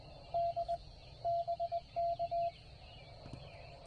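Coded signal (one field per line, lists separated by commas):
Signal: Morse code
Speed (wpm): 19 wpm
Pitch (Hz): 690 Hz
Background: none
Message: D BK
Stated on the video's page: Parks on the Air activation, offered as call sign copy practice.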